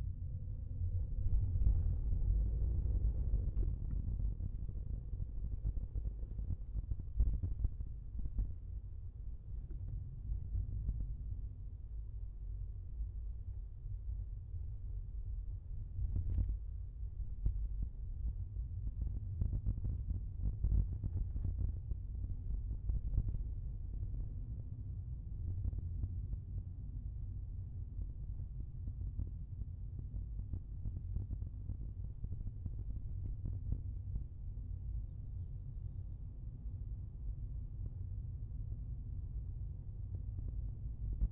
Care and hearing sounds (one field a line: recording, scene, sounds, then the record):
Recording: everyday scene through a hearing-aid microphone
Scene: in a vehicle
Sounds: engine, rumble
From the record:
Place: Skoda Fabia, gasoline engine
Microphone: behind the ear, left, front